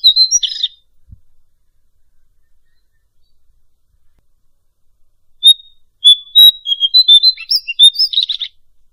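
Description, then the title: Bird song in short bursts: a high whistled and buzzy phrase at the start, a long quiet gap, then a rapid run of high chirps and whistles near the end. "LuckyKumpulan SuaraBurung"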